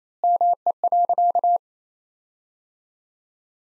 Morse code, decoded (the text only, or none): ME.